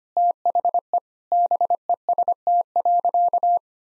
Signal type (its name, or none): Morse code